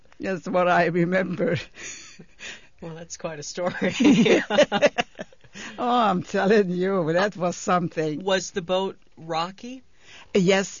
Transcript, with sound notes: That's what I remember.
Well, that's quite a story. ( they laugh )
Oh, I'm telling you, that was something.
Was the boat rocky?
Yes.